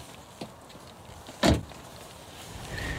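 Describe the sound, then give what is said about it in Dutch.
A car door opens with a faint click, then slams shut with one loud, solid thump as people step over into another car on a cold day with ice on the road, followed by a low steady rumble and soft rustling. “stappen even over naar de andere rijdende vogel, kijken naar die andere auto.”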